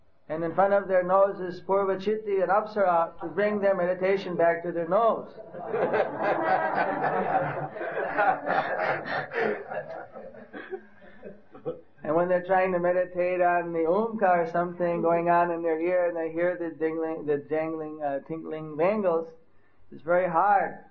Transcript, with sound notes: and in front of their nose is Pūrvacitti, an Apsarā, to bring the meditation back to the nose (laughter) And when they trying to meditate on the omkara, something going on in their ears, they hear the jingling, the jangling, uh, tinkling of bangles, it’s very hard